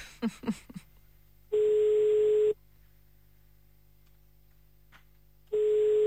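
Ringing tone heard over a phone line: a few quick clicks, then two steady, low, buzzy rings, each about a second long, separated by a long silent pause. No one speaks.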